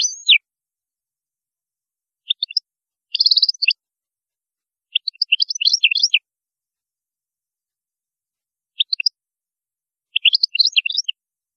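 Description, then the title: European goldfinch song, several short twittering bursts with a quick trill, repeated every couple of seconds with pauses between. "Chant Chardonneret"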